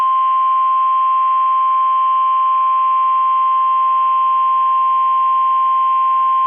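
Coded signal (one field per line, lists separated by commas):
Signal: Emergency Alert System (SAME) tones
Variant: 1050 Hz attention tone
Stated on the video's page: Required Weekly Test on NOAA weather radio station KEC65.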